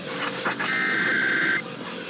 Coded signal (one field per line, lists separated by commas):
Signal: Emergency Alert System (SAME) tones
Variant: header bursts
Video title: 2 Monthlies And A Weekly Test (EAS #16233-16235) 2/20/24